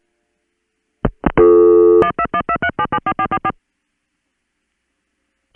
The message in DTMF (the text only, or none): 12123774444